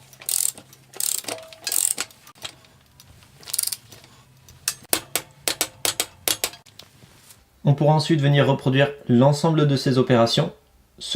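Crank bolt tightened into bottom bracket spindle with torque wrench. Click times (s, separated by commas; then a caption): 4.9 s. A crank bolt on a Shimano Octalink bottom bracket spindle is tightened with a torque wrench set to the manufacturer's 35 N·m. Ratcheting strokes are heard first, then a sharp click at 4.9 s as the wrench reaches the set torque, followed by more light ratchet ticks. Someone then talks from about 7.7 s.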